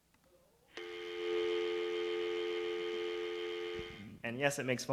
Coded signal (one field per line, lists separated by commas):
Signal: telephone call progress tone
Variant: North America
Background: speech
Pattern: dial tone